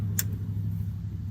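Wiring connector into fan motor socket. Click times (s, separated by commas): 0.2 s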